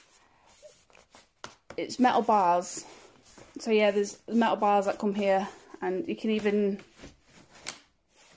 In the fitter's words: the way it clicks you can hear the i